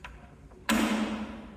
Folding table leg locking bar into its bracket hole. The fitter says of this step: And it should um kind of lock into place with this little hole right there.